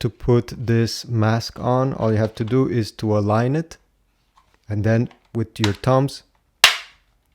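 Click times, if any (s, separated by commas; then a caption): 6.6 s. Someone talks while a plastic facial interface mask is aligned and pressed around with the thumbs onto an Oculus Meta Quest 2 VR headset. One loud snap at 6.6 s marks the mask seating securely on the headset.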